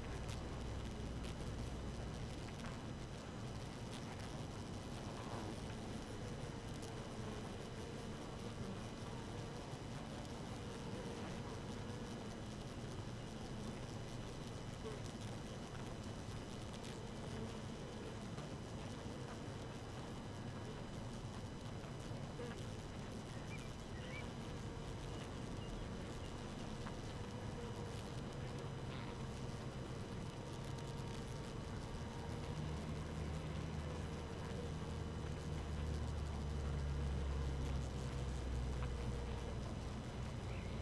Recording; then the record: honeybee colony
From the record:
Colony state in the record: active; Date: 12 June 2018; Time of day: 5:46